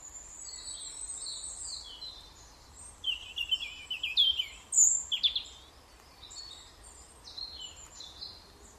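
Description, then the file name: European robin song, a rapid cluster of high, squeaky, descending notes in the middle, with quieter thin phrases before and after, over low hiss. "Erithacus rubecula"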